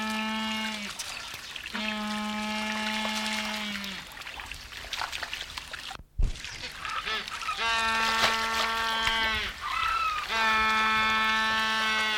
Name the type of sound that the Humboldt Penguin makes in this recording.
call